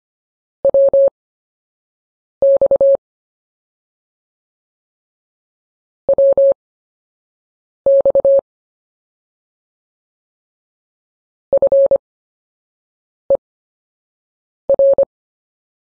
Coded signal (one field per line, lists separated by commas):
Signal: Morse code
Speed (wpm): 25 wpm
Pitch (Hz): 550 Hz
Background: none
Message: WX WX FER